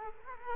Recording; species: mosquito wingbeat signal from an infrared sensor; Culex quinquefasciatus